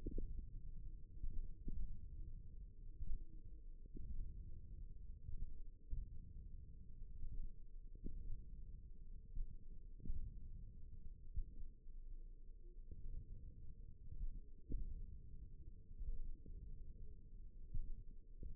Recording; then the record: forearm muscle sounds (acoustic myography)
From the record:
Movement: wrist extension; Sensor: system 1, eight BSWA MPA416 microphones around the upper forearm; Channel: 4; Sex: male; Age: 54 years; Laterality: right